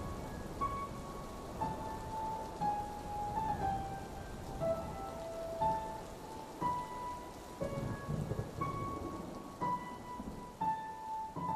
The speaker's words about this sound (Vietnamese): Dưới sấm chớp đùng đoàn và tiếng mưa rít lên như gào thét, rất nhanh chóng đã hình thành nên một huyệt mộ.